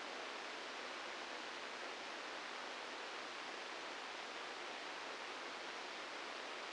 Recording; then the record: brain microelectrode recording played as sound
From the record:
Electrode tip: outside the subthalamic nucleus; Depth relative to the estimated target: 3 mm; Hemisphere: left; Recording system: NeuroSet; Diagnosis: Parkinson's disease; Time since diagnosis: 15 years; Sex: female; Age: 59 years